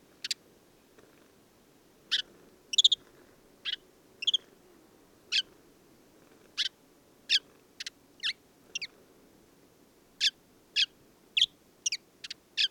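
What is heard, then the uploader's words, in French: A desert sparrow gives short, bright chirps and brief twittering notes, spaced irregularly every second or so, over a faint low hum. Le Moineau blanc du désert - Mauritanie. Oasis de Mayateg - Mauritanie - Tlp7 - mixpre3. Un mâle de Moineau blanc (Passer simplex) c'est installé au sommet d'un acacia et là quelle surprise d'entendre un joli petit chant. Il est composé de gazouillis, de trilles, de quelques inventions et n'est pas sans rappeler le chant de la Linotte mélodieuse. Pointant la parabole et grâce à un vent absent je me laisse surprendre par ce chant.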